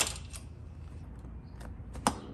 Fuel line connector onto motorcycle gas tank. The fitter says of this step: you guys heard a click and just make sure it's all the way pushed down and that there's nothing